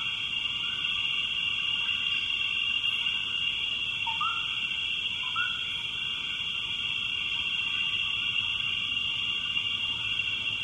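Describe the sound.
Frog calls, two short rising whoop-like notes near the middle, over a steady high drone throughout.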